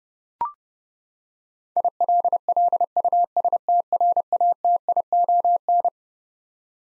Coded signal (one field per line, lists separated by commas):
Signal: Morse code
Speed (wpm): 30 wpm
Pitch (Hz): 700 Hz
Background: none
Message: ILLUSTRATION